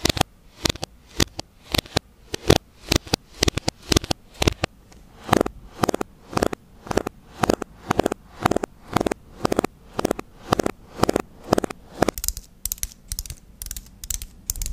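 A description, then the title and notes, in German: Fingers tap on various objects in a quick, fairly regular run of sharp clicks, roughly two to three per second across the whole stretch. The taps are crisp, some brighter and some duller; after about twelve seconds they come faster and lighter. Tapping auf verschiedenen Gegenständen.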